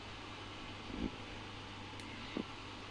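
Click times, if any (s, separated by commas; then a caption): none. A Breville Personal Blender cup is lined up with a marker line on the motor base before being twisted to lock. Over a steady low hum, soft handling bumps come at about 1.0 s and 2.4 s, with a brief faint tick at 2.0 s. Nothing has locked or clicked into place yet.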